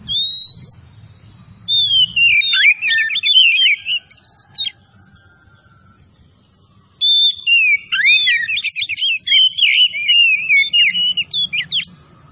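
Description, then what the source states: Oriental magpie-robin singing two long bouts of fast, jumbled whistles and scratchy warbles, separated by a quiet gap. Known as kacer tretes; singing vigorously (gacor).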